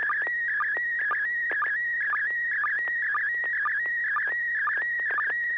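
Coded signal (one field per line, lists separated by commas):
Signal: SSTV (slow-scan television)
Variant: PD120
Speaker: this will be pd120 and I actually don't know what this is so we'll we'll figure it out together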